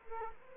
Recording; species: mosquito wingbeat signal from an infrared sensor; Culex quinquefasciatus